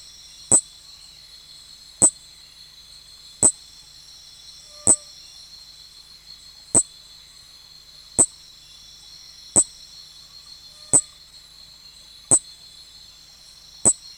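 Nesobia mjobergi call: bright, abrupt high clicks about every one and a half seconds above an unbroken high insect hum.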